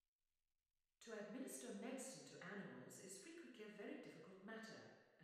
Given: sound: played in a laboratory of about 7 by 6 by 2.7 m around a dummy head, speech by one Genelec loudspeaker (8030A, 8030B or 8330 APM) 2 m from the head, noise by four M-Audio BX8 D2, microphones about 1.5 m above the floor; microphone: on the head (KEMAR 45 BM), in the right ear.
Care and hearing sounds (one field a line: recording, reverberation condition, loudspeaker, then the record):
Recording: female speech in English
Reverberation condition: high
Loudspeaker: 150 degrees to the right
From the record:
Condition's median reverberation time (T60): about 1300 ms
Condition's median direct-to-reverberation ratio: about -4.0 dB